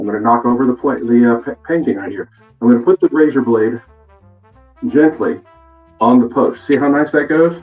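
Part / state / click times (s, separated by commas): razor blade onto safety razor top plate post / not seated / none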